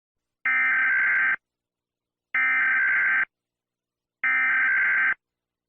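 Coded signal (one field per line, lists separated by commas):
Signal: Emergency Alert System (SAME) tones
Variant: header bursts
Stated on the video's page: Fictional EAS scenario, not a real alert, though it uses valid EAS tones.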